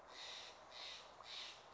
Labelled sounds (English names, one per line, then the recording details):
Steller's Jay
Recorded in Sonoma County, California